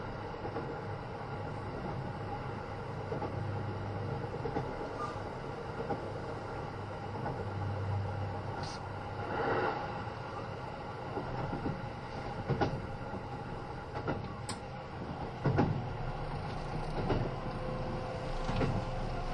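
Onboard the Kintetsu 80000 series Hinotori, a steady low rumble runs throughout with a faint constant whine above it. Short clanks and knocks punctuate it irregularly, notably around 9, 12, 14 and 15 seconds, and a murmur of voices may sit underneath.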